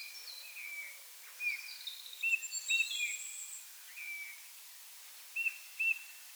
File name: Pyrrhula pyrrhula